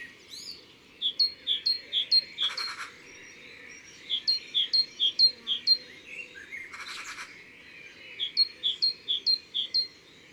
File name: Mesange cherbonniere Concerts Naturels de la Drome Studio les Trois Becs